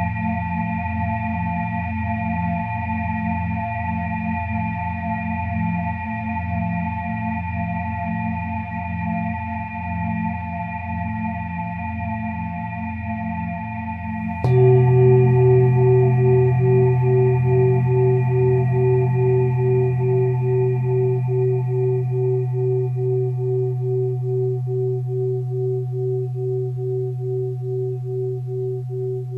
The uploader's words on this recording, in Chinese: 大肠结肠频率176Hz丨颂钵。